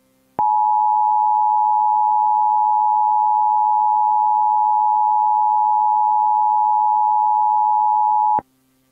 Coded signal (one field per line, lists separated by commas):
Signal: Emergency Alert System (SAME) tones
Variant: 853 and 960 Hz attention tone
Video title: We’ll Be Back After This EAS (RARE)